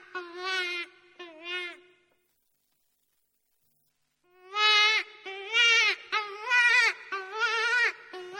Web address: zvuki zaytsa zvuk dlya ohoty ranenyy zayats manok na lisu ili na volka